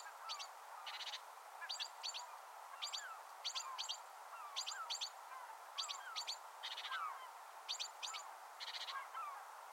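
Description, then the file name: Great tit calls: sharp high notes in pairs and short bursts, repeated throughout, with softer lower bird chirps in the background. "Parus major"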